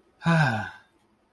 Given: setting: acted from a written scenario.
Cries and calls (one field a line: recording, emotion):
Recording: vocal sound without words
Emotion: romantic love